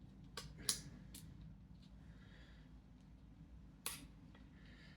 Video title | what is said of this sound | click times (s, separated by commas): ShadowCaster v2 Assembly Video | and you just clip the feet into the hexagon. They snap right in. | 0.4 s, 0.7 s, 3.9 s